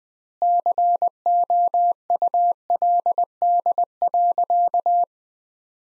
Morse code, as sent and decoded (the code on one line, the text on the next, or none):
-.-. --- ..- .-.. -.. .-.-.-
COULD.